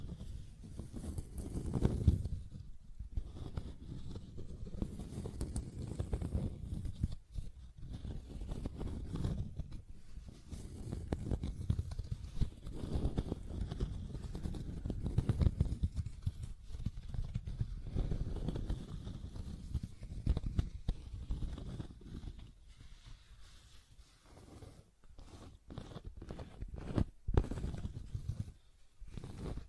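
Scratching and tracing sounds, made of low, rough rubbing strokes that swell and fade in irregular passes every few seconds. The scraping is dense and grainy with sharper bursts now and then, and briefly gets quieter and sparser around the twenty-second mark.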